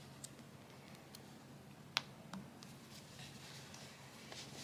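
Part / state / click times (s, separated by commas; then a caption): plastic safety eye back onto the eye shank in a crocheted toy / seated / 2.0 s. A push-on plastic back is pressed onto the shank of the second plastic safety eye on the other side of a crocheted toy head, repeating the snap fitting. Against a quiet background with a few faint ticks, one sharp snap at 2.0 s shows the back seating on the eye.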